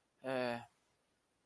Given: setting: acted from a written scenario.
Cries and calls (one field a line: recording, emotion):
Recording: vocal sound without words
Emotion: sadness